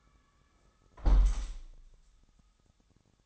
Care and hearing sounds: daily activity, microphone in the room; close window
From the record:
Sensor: 3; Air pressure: 1000.4 hPa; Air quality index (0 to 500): 140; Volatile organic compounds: 2 ppm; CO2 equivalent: 1217 ppm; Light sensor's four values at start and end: 13/34/13/15 and 13/34/13/15

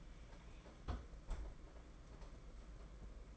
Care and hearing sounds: daily activity, microphone in the room; close fridge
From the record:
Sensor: 5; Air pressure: 992.0 hPa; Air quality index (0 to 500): 200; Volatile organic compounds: 1000 ppm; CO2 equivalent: 5771 ppm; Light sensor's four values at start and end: 29/98/37/39 and 29/99/37/39

